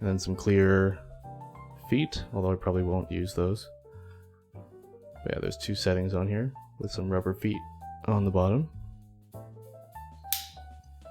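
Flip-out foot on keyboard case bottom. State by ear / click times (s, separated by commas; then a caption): seated / 10.3 s. Someone talks over background music while flipping out one of the adjustable feet on the bottom of a NiZ Atom 68 electro-capacitive mechanical keyboard case, which has two height settings, rubber feet on the bottom and clear feet. At 10.3 s the foot snaps into its extended position with a sharp, very solid click, seating firmly.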